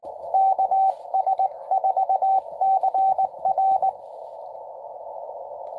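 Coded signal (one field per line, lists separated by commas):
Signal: Morse code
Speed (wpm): 19 wpm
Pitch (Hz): 770 Hz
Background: radio noise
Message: KS4CR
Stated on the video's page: Parks on the air CW activation at a state park, live.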